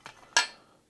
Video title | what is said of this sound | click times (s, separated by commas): 10 Day Starlink Review | this will lock into place and so you can lift this out and then put your your uh | 0.4 s